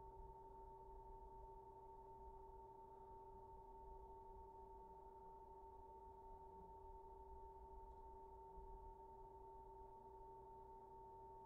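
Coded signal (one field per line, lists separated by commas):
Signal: PSK31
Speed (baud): 31.25 baud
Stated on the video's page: Signals received on VHF from the International Space Station and on shortwave bands.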